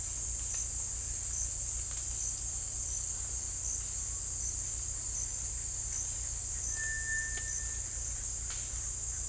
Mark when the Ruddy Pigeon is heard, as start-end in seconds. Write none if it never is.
none